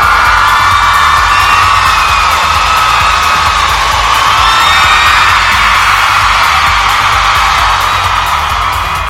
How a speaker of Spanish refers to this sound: ¡Wow! ¿Qué onda con eso? No, pues es una ovación.